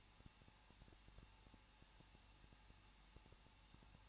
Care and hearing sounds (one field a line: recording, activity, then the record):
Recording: daily activity, microphone in the room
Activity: no activity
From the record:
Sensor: 1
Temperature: 20.1 degrees Celsius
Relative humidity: 39.2%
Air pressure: 1006.3 hPa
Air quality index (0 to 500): 218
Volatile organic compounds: 78 ppm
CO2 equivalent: 3591 ppm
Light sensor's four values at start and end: 1/2/1/1 and 1/2/1/1